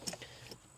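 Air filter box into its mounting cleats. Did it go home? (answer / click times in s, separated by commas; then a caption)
yes / 0.1 s. The air filter box of a 2012–2018 Ford Focus 2.0L is lowered onto its lined-up cleats and pushed down into its mounts. A sharp snap at 0.1 s marks it seating, followed by softer plastic knocks around 0.2 s and 0.5 s. The air filter box is seated in its mounting cleats.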